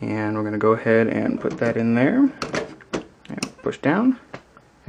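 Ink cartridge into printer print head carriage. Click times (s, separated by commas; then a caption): 3.4 s. Someone talks while the last large ink cartridge is set into its slot in the print head carriage of a Canon PIXMA MX892 wireless color photo printer and pushed down. A short run of small clicks and knocks follows, and the cartridge snaps home with the sharpest click at 3.4 s, seated in place.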